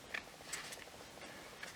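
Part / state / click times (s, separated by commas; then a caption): plastic engine cover onto engine mounting studs / not seated / none. A plastic engine cover on an Audi 2012–2018 4.0T is being pressed down onto its rubber grommet mounts on the engine mounting studs, working from the back forward. Brief sharp handling knocks at 0.2, 0.5 and 1.6 seconds rise over a low steady background. The cover has not snapped onto its mounts yet, and nothing has seated or clicked.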